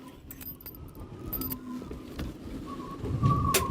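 A drop nose pin is handled at the deck fitting for a removable stay on a sailing yacht, with the locking ring brought up, producing light metallic clinks and taps around 0.3, 0.4, 1.4, 1.5 and 2.2 seconds over a steady low background rumble. Nothing has seated or clicked yet; the clip ends just before the pin goes home.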